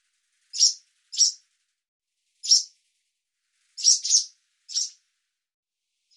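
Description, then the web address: Barn swallow giving short, sharp chirping calls, single or paired, in irregular bursts about a second apart, against a silent background. "cianscape birddata Deverinetal 2025"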